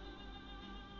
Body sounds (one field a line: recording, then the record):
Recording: background sound without coughing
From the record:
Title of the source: BackgroundMusic4